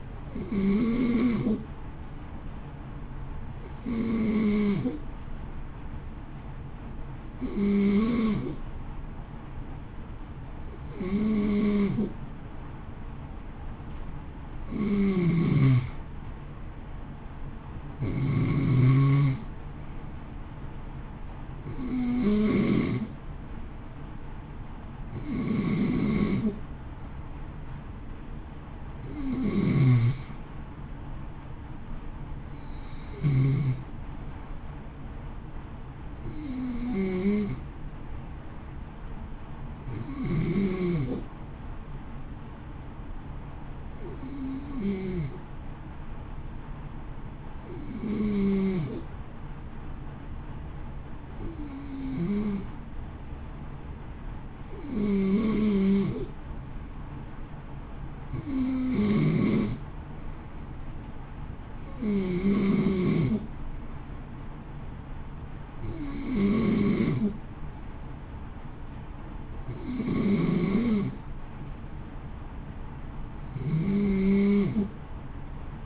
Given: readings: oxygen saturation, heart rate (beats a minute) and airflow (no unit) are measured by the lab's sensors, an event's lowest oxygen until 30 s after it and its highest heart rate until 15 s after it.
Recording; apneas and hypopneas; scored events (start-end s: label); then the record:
breathing in sleep by a smartphone at the bedside; none
none scored
From the record:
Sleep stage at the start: N2 (light sleep); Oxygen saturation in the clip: 91 to 93%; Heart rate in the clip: 53 to 58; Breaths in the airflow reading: 23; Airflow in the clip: -0.8 to 0.9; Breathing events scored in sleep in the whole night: 328 in 6.3 hours asleep